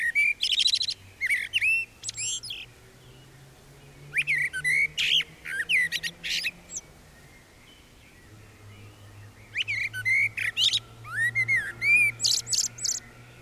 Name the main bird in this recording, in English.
Common Blackbird